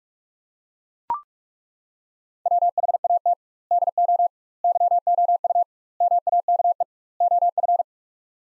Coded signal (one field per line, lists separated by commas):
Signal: Morse code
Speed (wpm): 41 wpm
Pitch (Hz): 700 Hz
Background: none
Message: WHAT DO YOU MAKE OF